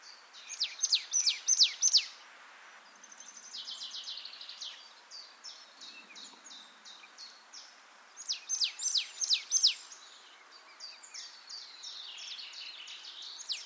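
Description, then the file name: Marsh tit calling repeatedly, clusters of sharp falling high notes alternating with stretches of rapid buzzy chatter. "Poecile palustris"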